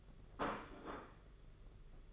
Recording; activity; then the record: daily activity, microphone in the room; place plate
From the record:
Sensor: 4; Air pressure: 992.6 hPa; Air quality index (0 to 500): 134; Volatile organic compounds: 54 ppm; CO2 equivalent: 3353 ppm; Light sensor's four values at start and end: 19/65/24/25 and 19/65/24/25